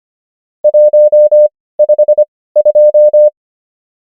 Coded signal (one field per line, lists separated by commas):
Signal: Morse code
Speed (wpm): 25 wpm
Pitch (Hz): 600 Hz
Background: none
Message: 152